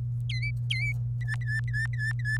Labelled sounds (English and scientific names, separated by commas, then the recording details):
Domestic Canary (Serinus canaria) song
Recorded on 26 April 2018 at 18:22
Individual llb3